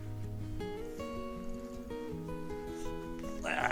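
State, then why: Seated. A utensil drawer in a Coleman Lantern 17B camper trailer is pushed closed until its click-type push latch catches, a latch meant to hold so the drawer doesn't fly open while driving. Under steady background music, two sharp, short clicks land close together at 3.5 s and 3.6 s as the latch seats and the drawer shuts.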